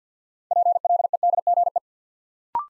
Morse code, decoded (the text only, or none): PLEDGE